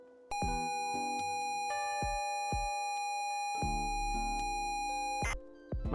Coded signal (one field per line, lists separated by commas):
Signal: ZX Spectrum tape loading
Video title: ZX Spectrum Memories — 5 Games That Took Over Our Childhood!